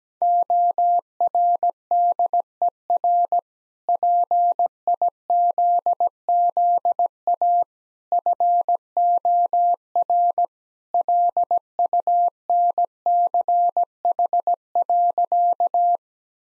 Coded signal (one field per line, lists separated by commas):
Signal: Morse code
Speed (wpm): 17 wpm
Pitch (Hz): 700 Hz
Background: none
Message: ORDER PIZZA FOR LUNCH.